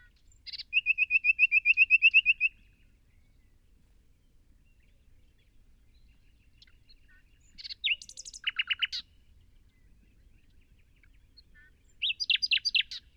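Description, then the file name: Common nightingale singing three separated phrases: a long series of rapid repeated notes, then after a pause a varied burst of notes, and later a short rapid series of notes. "Luscinia megarhynchos"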